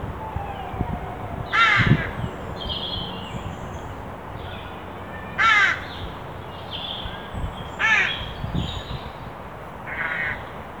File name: Corvus corone